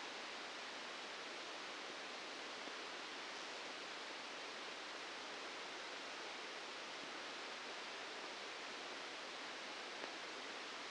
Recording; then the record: brain microelectrode recording played as sound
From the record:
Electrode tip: outside the subthalamic nucleus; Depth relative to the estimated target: 3 mm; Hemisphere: left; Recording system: NeuroSet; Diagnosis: Parkinson's disease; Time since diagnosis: 8 years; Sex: male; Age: 59 years